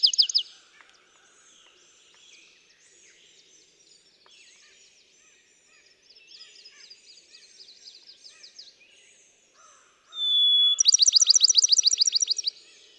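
Bachman's sparrow song: after a long stretch of faint chirping, a brief pure whistle, then an energetic trill of evenly spaced notes.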